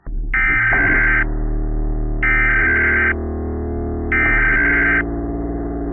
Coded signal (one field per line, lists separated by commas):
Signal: Emergency Alert System (SAME) tones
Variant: header bursts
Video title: EAS Simulation: Evil Unikitty